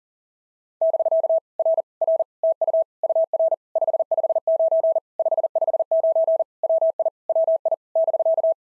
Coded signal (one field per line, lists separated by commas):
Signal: Morse code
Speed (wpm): 40 wpm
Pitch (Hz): 650 Hz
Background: none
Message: <BK> R R TU UR 559 559 WI WI <BK>